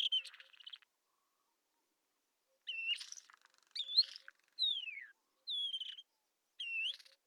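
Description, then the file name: Isabelline wheatear song, clear whistled slurs, some descending, alternating with buzzy chatter in short phrases spaced about a second apart after an opening trill. Recorded at Telmen Nuur. "isawheat telmen-nuur"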